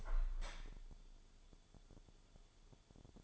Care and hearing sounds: daily activity, microphone in the room; open window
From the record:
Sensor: 5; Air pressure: 1015.0 hPa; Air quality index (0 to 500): 101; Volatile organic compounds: 2 ppm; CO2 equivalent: 1082 ppm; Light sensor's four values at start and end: 35/81/32/31 and 35/81/32/31

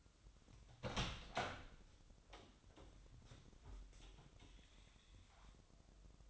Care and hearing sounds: daily activity, microphone in the room; open door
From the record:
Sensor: 3

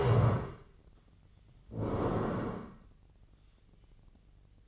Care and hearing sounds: daily activity, microphone in the room; stand up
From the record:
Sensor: 4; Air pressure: 1013.1 hPa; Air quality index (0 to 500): 168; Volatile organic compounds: 2 ppm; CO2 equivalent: 1067 ppm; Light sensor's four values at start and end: 51/127/53/57 and 51/127/54/57

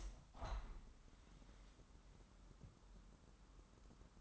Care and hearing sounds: daily activity, microphone in the room; open window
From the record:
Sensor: 3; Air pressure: 997.9 hPa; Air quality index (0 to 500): 137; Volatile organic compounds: 4 ppm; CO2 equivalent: 1632 ppm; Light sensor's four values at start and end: 14/42/17/15 and 14/41/17/16

